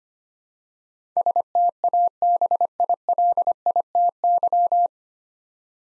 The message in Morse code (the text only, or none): STABILITY